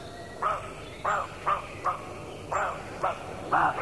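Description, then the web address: Roe deer barks: a rapid run of seven short, hoarse barks spaced roughly half a second apart, moderately loud over steady background noise. Male roe deer (roebuck). "toulky srnec"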